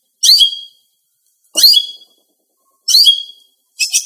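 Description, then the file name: Greater green leafbird call: a sharp chirp ending in a thin whistle, repeated several times at intervals of over a second. Female bird. "cucak ijo betina"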